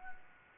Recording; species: mosquito wingbeat signal from an infrared sensor; Anopheles gambiae